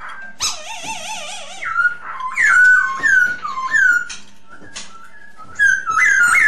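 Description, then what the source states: Masked laughingthrush song: wavering, trilled whistles, then a run of clear whistled notes that rise and fall, with harsh clicks between phrases. Lure song used for Masked laughingthrush, named poksay hongkong.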